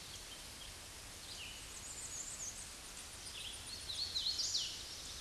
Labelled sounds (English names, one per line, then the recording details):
Hooded Warbler song
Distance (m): 25 m
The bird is about 5 m below the microphone
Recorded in a Pennsylvania forest on 16 May 2024 at 08:08
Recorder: AudioMoth, point MSD-0079
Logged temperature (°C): 16.1 °C
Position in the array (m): 183 m, 81 m